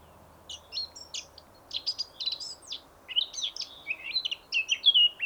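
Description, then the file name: Eurasian blackcap giving a high, scratchy twittering that builds after a short pause into a louder, richer warble of quick varied notes. "Sylvia atricapilla"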